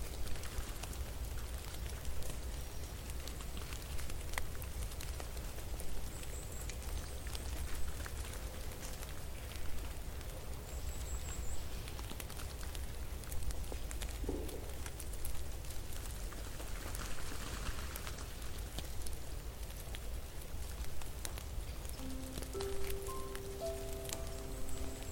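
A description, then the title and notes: Snow falling and melting gives a steady, dense patter of soft ticks and drips over a low constant rumble. Brief faint tones drift through now and then, and near the end a few short steady tones sound in the background. Cozy winter ambience for relaxation. Snow falling and melting. Relaxing piano music (playing softly every 2 minutes).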